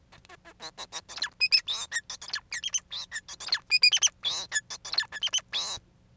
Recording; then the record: song of a male Bengalese finch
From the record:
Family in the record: son of father 4